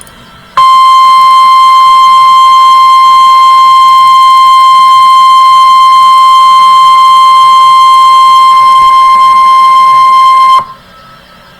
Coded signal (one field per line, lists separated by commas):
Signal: Emergency Alert System (SAME) tones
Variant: 1050 Hz attention tone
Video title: Special Marine Warning from Ruskin, Florida (EAS #840)